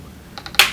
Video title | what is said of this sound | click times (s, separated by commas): How to Repair HP Chromebook G4 EE - Reassembly Video | clipping back into place | 0.6 s